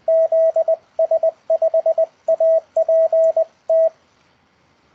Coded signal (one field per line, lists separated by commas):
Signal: Morse code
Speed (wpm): 20 wpm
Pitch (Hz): 650 Hz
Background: radio noise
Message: ZS5APT